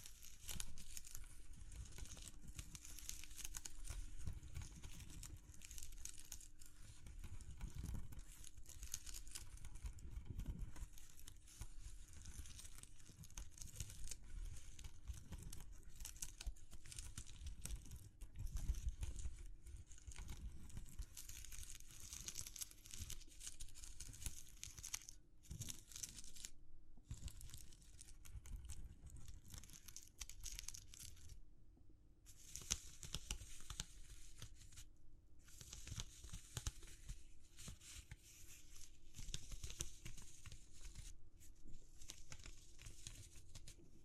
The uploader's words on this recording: ASMR Exploring Textures (No Talking).